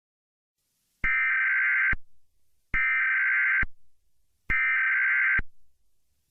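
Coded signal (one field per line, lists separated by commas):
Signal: Emergency Alert System (SAME) tones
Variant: header bursts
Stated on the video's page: Fictional EAS scenario of an April Fools serial killer in Arizona; fake, not for broadcast.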